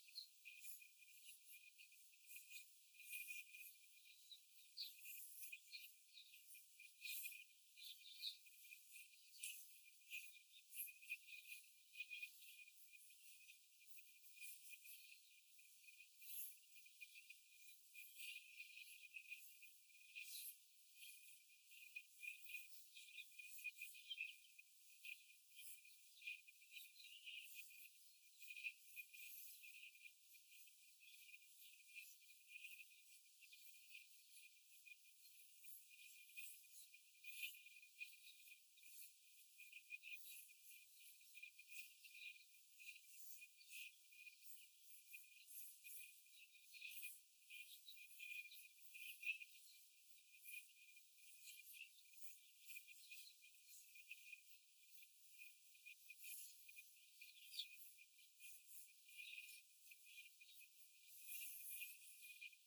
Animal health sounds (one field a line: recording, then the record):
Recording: young laying hens in a cage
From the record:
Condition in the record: before the stressor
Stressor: simulated dog barking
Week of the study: 4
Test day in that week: 1